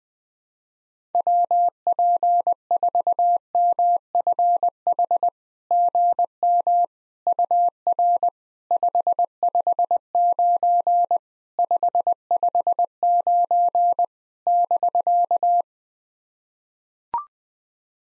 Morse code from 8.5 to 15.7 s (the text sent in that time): 559 559 <BK>